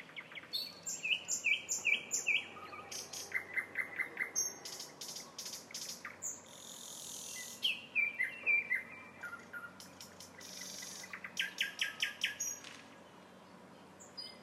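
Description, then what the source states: Nightingale song: long varied sequence of repeated chirps, whistles, buzzes and rapid trills, phrases separated by short pauses. Song of a nightingale recorded in a town.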